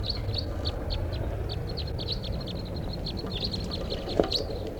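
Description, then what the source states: Crossbills giving continuous sharp chip calls, several birds overlapping, over a strong low rumbling background with one brief knock. Flock of about eight wild crossbills calling from the top of a tall lodgepole pine right above camp, at 5:05 p.m.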